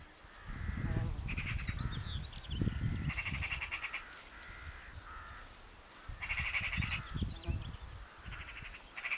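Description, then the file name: Eurasian magpie chattering in several harsh, rapid rattling bursts over low rumbling noise. "Pica pica"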